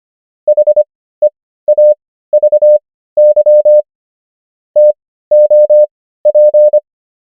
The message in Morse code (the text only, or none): HEAVY TOP